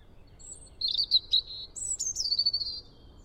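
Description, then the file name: European robin song: a short high note, a warbled stuttering phrase, then a high whistle sliding into a fast descending trill, over faint background noise. "Erithacus rubecula"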